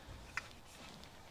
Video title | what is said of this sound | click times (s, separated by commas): Product Spotlight | you pull them in a little bit you can push it down till you you push the this button down till you hear it click | 0.4 s